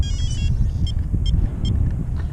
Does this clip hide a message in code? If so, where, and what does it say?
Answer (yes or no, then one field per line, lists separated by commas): no